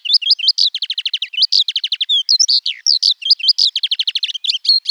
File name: alauda arvensis